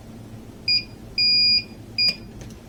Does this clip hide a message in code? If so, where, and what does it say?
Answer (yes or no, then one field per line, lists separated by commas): no